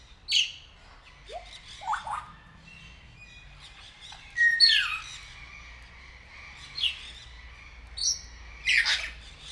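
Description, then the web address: Grey parrot vocalizing: scattered clear whistles, some rising and falling, mixed with sharp squawks at irregular intervals over quiet background. Captive bird at Nyíregyháza Zoo, 2019. "allathangok nyiregyhazizoo 2019 professzionalis jako papagaj hosszabban nyiregyhaza"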